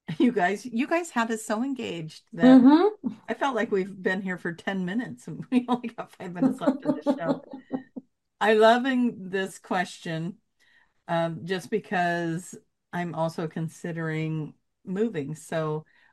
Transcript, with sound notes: you guys had us so engaged that-
Mm-hmm.
I feel like we've been here for 10 minutes and we only got five minutes left in the show.
(laughs)
I'm loving this question, um, just because I'm also considering moving,